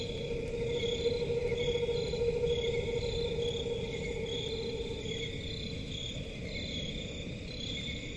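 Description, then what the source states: Cricket: insects trilling in overlapping high pulsed bands, joined by a continuous mid-pitched droning tone that fades after about five seconds, with a soft rumble beneath. Crickets in a forest at night, presented as a relaxing forest ambience.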